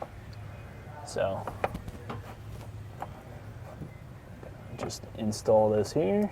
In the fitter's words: and you heard that click that means we are back online